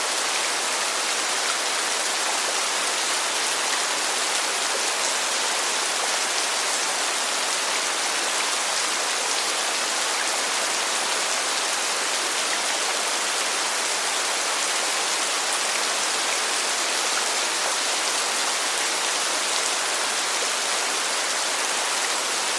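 Rain falls in a steady, dense hiss that holds at an even level from start to finish. The sound is bright and fine-grained, with almost no low rumble, and no separate drips, thunder or other sounds stand out.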